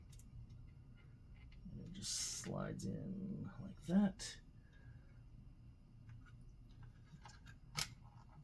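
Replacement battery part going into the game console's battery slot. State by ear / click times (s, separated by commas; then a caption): seated / 7.8 s. A replacement battery part is slid into its slot inside a GameCube console and pushed home while someone talks. A sharp click at 7.8 s marks the battery part seating into place.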